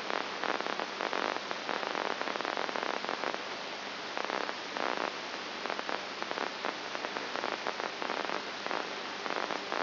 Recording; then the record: brain microelectrode recording played as sound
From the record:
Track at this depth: inside the subthalamic nucleus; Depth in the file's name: 3.701 mm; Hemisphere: right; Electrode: 2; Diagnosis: Parkinson's disease